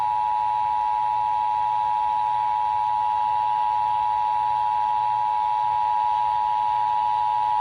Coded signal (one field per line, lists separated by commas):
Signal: Emergency Alert System (SAME) tones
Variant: 853 and 960 Hz attention tone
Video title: What a way to start off July - EAS Alerts From 07/01/21 - EAS 262-288